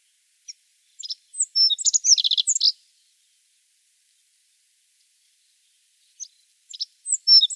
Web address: Schulze Peter Rock Bunting song